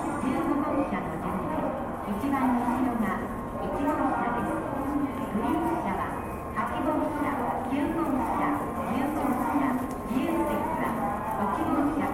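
Steady station crowd chatter fills a train station in Japan, with voices rising and falling continuously and faint clip-clop footsteps underneath.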